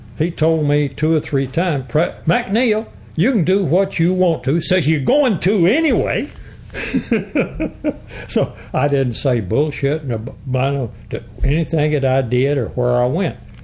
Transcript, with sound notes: he told me two or three times pre…”McNeil, you can do what you want to, since you’re going anyway!”. [Laughing] So, I didn’t say bullshit, and b… to anything that I did or where I went.